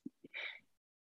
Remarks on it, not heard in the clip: That noise is Lenny snoring behind me. I love a dog snore. But he's really, really comfortable.